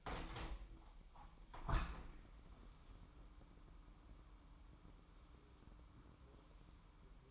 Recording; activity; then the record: daily activity, microphone in the room; open window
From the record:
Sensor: 1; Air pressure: 998.0 hPa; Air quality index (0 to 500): 134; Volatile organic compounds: 4 ppm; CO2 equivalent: 1596 ppm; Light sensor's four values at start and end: 17/56/22/23 and 17/56/22/23